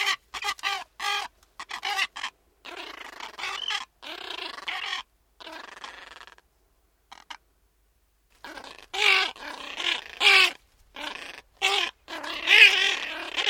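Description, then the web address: Gulls giving harmonic calls in bursts, with a lull midway before a louder run of cries. Several gulls calling. "Tom Hutchings Seagulls Talking"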